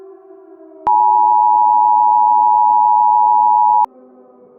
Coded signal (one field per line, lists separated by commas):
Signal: Emergency Alert System (SAME) tones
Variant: 853 and 960 Hz attention tone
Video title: EAS Scenario: The Frost Apocalypse [FULL]